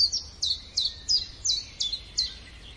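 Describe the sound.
Bird chirps: rapid, high, downward-sliding notes repeated evenly, roughly three each second.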